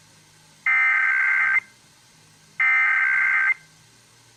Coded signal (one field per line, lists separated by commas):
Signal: Emergency Alert System (SAME) tones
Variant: header bursts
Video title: 2017 National EAS Test on TV, FM, and AM Radio (EAS #1,068-1,071)